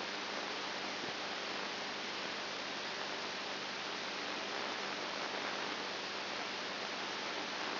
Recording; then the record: brain microelectrode recording played as sound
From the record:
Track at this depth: outside the subthalamic nucleus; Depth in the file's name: 6.7 mm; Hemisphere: right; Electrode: 2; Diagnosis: Parkinson's disease